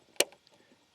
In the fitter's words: there's a pop as that clicks into place